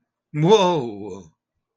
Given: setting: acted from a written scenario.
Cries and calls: vocal sound without words; fear

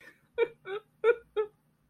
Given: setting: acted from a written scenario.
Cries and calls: vocal sound without words; sadness

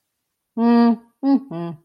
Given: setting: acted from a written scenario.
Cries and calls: vocal sound without words; neutral

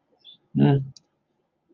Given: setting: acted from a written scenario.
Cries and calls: vocal sound without words; neutral

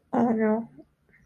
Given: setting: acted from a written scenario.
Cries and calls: vocal sound without words; embarrassment

